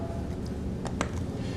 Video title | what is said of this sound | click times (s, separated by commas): iPhone 8 Screen Replacement Guide | you'll feel that mechanical click click into place now | 0.9 s, 1.0 s